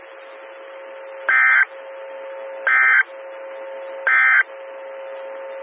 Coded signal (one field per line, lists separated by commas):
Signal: Emergency Alert System (SAME) tones